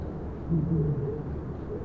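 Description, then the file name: Brown fish owl giving a single deep, low, steady hoot lasting about half a second, over a constant low rumbling background noise. Male hooting, in Turkey. "Turkish Fish Owl Hooting Of Male"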